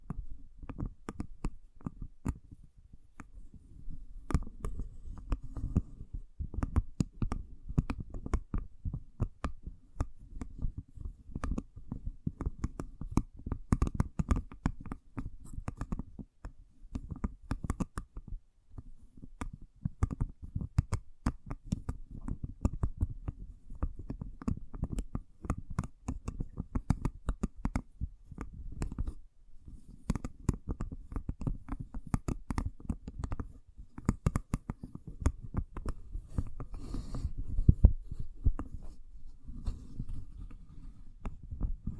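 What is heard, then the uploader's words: Dense ASMR triggers: a constant run of soft, low tapping and scratching clicks, irregular and quick, with brief pauses around 17 and 29 seconds. ASMR Triggers.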